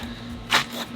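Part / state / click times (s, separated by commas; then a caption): plastic grille into front bumper / not seated / none. A replacement black plastic kidney grille for a BMW 2 Series is lined up and pushed into the front bumper, producing a single dull contact at about 0.5 s over a steady low hum. Nothing has clicked or seated yet; the grille clips have not snapped in.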